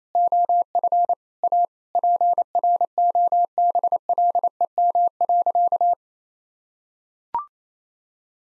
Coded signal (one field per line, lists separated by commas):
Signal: Morse code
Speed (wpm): 28 wpm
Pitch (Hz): 700 Hz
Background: none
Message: OF A PROBLEM.